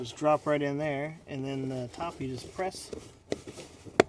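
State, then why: Seated. On a 2015 Audi S3/A3, the top of the cabin air filter housing is pressed down at each small plastic clip so it clips into the filter housing under the dash, while someone talks. A faint tick comes at 3.3 seconds, then a sharp snap at 4.0 seconds as the clips seat in place.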